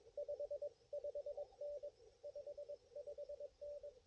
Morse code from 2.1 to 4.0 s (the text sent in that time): 55N